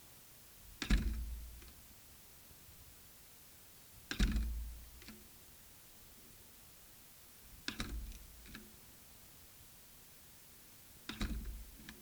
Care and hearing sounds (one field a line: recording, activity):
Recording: daily activity, guitar pickup as the sensor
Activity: manipulate door